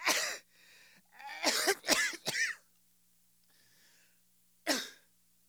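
Five harsh, explosive cough bursts from an adult man: one opening cough, a quick run of three in the middle, and a last one after a pause, with some throat-clearing roughness. A plain cough.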